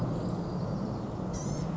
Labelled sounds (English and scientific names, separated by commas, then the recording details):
Blue-gray Gnatcatcher (Polioptila caerulea)
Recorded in Sonoma County, California